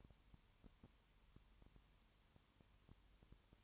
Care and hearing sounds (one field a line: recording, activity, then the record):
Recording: daily activity, microphone in the room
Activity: no activity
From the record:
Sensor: 3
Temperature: 21.1 degrees Celsius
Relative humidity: 37.0%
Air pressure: 1010.6 hPa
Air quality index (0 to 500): 204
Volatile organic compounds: 31 ppm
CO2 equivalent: 2983 ppm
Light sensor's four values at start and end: 2/3/2/2 and 2/3/2/2